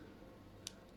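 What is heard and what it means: A Dior Addict lipstick cap is snapped shut onto its lipstick case, giving one short, sharp click at 0.7 s over a quiet background. The cap seats closed.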